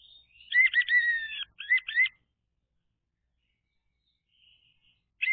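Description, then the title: Orange-headed thrush song in two short bursts of high whistled and buzzy notes, followed by near silence and a faint thin note, ending on another loud note. Song played to lure an orange-headed thrush that has stopped singing into singing again. "Anis Merah Macet.. Pancing Dengan Suara Ini.. # Anis Merah"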